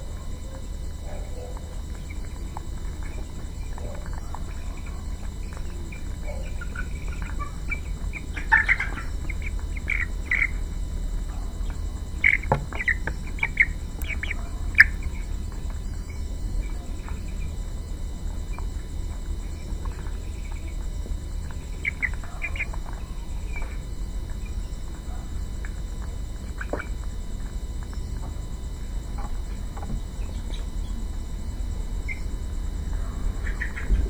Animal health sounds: poultry house recording; healthy chickens

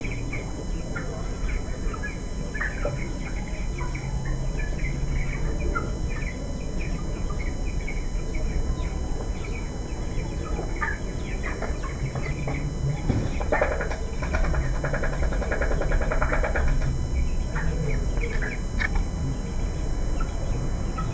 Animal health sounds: poultry house recording; healthy chickens

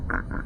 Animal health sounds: poultry house recording; sick chickens (respiratory disease)

